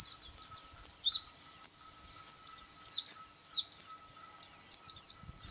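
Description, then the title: White-eye song, evenly spaced bright chirps, several per second, each a high slurred note, with a faint constant hum behind. "Pleci"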